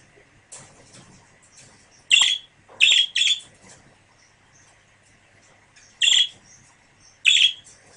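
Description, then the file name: Budgerigar calls: sharp, screechy, high notes, three close together early on, then two more widely spaced after a long pause, over faint chattering. A pair of budgerigars. "suara pasangan parkit. omkicau"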